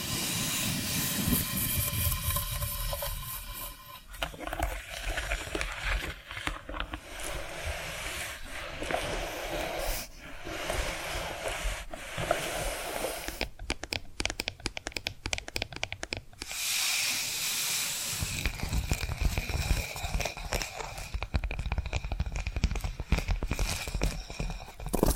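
Tapping and scratching sounds continue throughout, with a steady hissing scrape over the first four seconds. Dense, quick taps and scratches follow, the sharpest bursts falling between about 13 and 16 seconds. A brighter, smoother scratching with a low rumble fills the last seven seconds.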